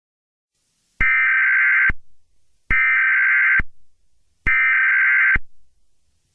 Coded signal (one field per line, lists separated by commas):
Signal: Emergency Alert System (SAME) tones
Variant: header bursts